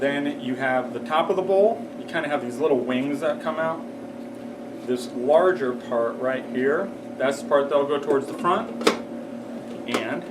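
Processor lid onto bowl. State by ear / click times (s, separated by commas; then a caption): seated / 9.9 s. A winged plastic lid is lined up on the top of the bowl of a Robot Coupe R301 commercial food processor and turned until it locks into place, while someone talks over a steady hum. A single sharp plastic click at 9.9 s confirms the lid is seated on the bowl.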